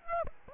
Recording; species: mosquito wingbeat signal from an infrared sensor; Aedes aegypti